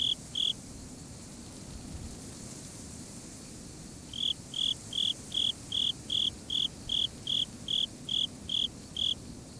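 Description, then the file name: Japanese burrowing cricket song: two short high chirps, a pause of several seconds, then a steady run of clear chirps about two to three per second. "tuduresasekoorogi"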